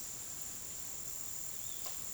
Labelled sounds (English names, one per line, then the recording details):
none
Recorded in pastures near Puerto Asís, Putumayo, Colombia, on 19 February 2024 at 16:30
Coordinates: 0.466, -76.323
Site G6384